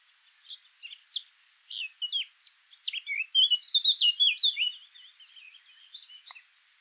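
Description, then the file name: Eurasian blackcap warbling song: quiet scratchy twitters build into a louder, rapid run of clear notes, then fade to soft chatter near the end. "Sylvia atricapilla"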